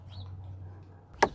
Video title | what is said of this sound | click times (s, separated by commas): Owner Operators Can’t Survive These Fuel Prices | You heard the click, and it locks, and it doesn't go anywhere, how strong it is. | 1.2 s